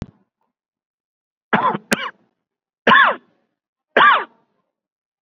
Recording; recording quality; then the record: heavy voluntary cough; excellent, no background noise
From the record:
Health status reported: COVID-19 positive, moderate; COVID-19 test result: positive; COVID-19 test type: RT-PCR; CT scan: not taken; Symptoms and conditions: cough, breathing difficulty, fever, fatigue, muscle pain, loss of smell and taste, hypertension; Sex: male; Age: 50 years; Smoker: no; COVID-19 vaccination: both doses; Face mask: worn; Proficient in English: no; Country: India